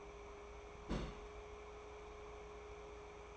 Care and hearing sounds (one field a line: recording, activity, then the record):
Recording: daily activity, microphone in the room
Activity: place on stove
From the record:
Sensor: 1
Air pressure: 1010.3 hPa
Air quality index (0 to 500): 171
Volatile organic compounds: 12 ppm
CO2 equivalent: 2356 ppm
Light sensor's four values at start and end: 59/151/63/80 and 60/152/64/81